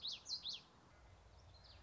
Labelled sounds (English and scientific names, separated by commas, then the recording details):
Common Yellowthroat (Geothlypis trichas)
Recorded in Sonoma County, California